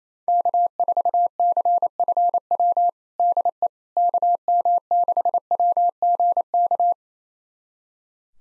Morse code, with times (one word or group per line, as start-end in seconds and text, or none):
0.3-2.9 K4CFW
3.2-3.7 DE
4.0-6.9 KM6WGK